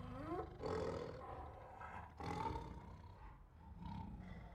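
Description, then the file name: Siberian tiger giving two rough roars, the first early and the second about a second and a half later, each trailing into a low, grinding growl. Several Siberian tigers, angry, giving growls, roars and snarls. "Sound Ideas. Siberian Tigers Make Angry Growls, Roars and Snarls"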